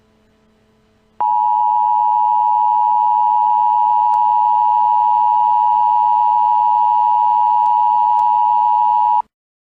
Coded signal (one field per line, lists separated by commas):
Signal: Emergency Alert System (SAME) tones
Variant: 853 and 960 Hz attention tone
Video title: EAS Scenario- Tyrone, PA Chemical Plant Disaster